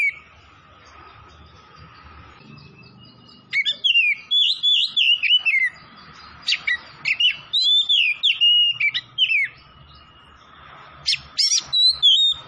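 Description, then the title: Oriental magpie-robin delivering lively, varied whistled phrases in repeated bursts, some notes sharp and high, over a faint steady hum. Singing vigorously (gacor); Tretes. "Kacer Tretes"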